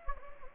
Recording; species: mosquito wingbeat signal from an infrared sensor; Anopheles gambiae